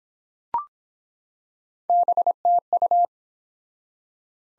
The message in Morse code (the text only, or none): BTU